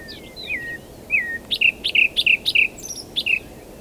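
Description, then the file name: Common nightingale singing: a few slurred whistles, then a rapid series of short bright notes, clear above a quiet background hiss. "Luscinia megarhynchos"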